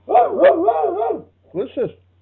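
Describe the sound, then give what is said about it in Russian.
A man's voice imitates a shepherd dog barking in place of a real dog: a long, wavering howl-like woof followed by two short, sharp barks, loud against a faint steady hum. “Сам лаешь. Чего ты? Не отличаешь овчарку от человека?”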